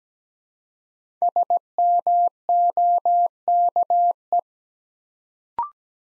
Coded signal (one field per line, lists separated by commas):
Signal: Morse code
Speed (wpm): 17 wpm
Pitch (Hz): 700 Hz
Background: none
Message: SMOKE